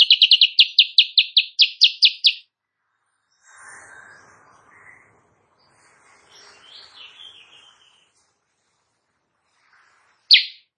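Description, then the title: Sooty-headed bulbul song: fast burst of bright repeated chirps, then quiet faint rustling, ending with one loud chip. Morning singing, used as a tutor for training other songbirds; said to make rival birds answer. "Masteran Kutilang Sutra. Kutilang Sutra GACOR pagi hari bikin lawannya AUTO NYAUT"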